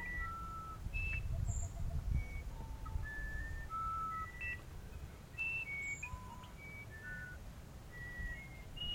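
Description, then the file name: Musician wren song: rapid, varied pure whistles, some short and some drawn out, moving up and down the scale over steady low noise. "uirapuru"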